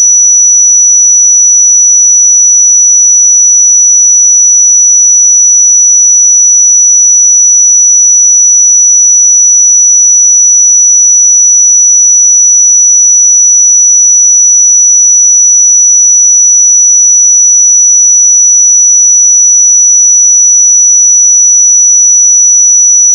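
A pure 5903 Hz sine tone holds perfectly steady and unbroken for the whole clip, a thin high whistle over total silence.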